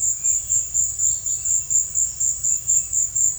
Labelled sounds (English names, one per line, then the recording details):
none
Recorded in secondary vegetation near Puerto Asís, Putumayo, Colombia, on 28 February 2025 at 17:00
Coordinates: 0.498, -76.327
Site G001